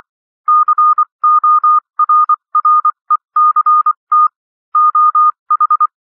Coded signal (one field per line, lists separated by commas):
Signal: Morse code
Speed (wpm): 24 wpm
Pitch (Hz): 1220 Hz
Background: none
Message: CORRECT OH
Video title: Improve Your Morse Code 21-24 WPM - 24-24 WPM